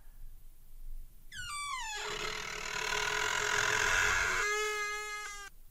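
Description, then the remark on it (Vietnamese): A large, heavy ironwood door of an ancestral hall creaks slowly open as it is pushed: a long, loud, strained squeal that slides downward, grinds through a rough groan for a few seconds, then ends on a steady high whine. “Cánh cửa gỗ lim lớn từ từ rít lên một tiếng. Sau đó được đẩy ra.”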